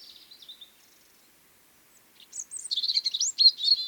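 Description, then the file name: European robin: a faint, wavering warble, a short silence, then a louder rush of high, jumbled, sparkling notes to the end. "Erithacus rubecula"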